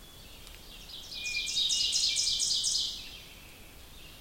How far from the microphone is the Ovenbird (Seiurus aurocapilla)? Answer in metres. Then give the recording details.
about 25 m. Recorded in boreal forest in Alberta, Canada, on 2 June 2016 at 05:30. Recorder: SongMeter 3, array SBT-3-7. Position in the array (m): 23 m, 132 m. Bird 4